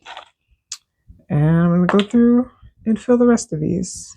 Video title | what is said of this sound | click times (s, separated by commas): BTS: Fulfilling an Order for 90 Paint & Sip Kits! | Make sure that clicks into place. | 0.7 s